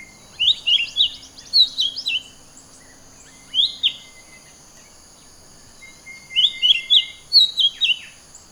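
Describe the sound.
Bird singing in bursts of quick high chirps and slurred notes with silent gaps, over a steady high-pitched drone and soft hiss.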